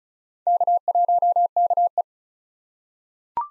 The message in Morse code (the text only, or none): K1KE